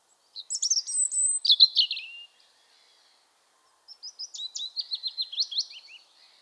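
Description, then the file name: European robin song: a bright, tumbling warbled phrase, a short pause, then a quieter series of rapid, evenly repeated high twittering notes. "Erithacus rubecula"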